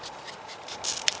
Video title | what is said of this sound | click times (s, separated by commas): Mora Kansbol (old video) - I love it! | There we go. You heard that click, right? | 1.1 s